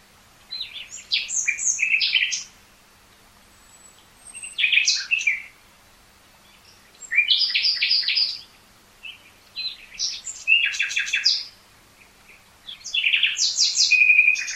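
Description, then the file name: Common nightingale song in separate phrases every few seconds, mixing high whistles, buzzy chatters and rapid rattling trills, with short pauses between. "Luscinia megarhynchos"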